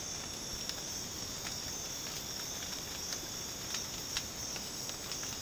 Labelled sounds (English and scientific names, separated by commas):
none